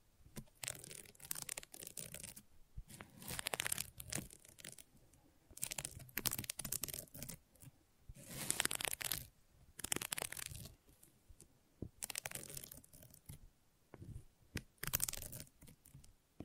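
Gentle scratching in repeated bursts, each a second or two long, with brief quiet gaps between them. The strokes are dry and bright, rasping and crinkly, and come in loose clusters across the clip, with a few louder passes around the middle.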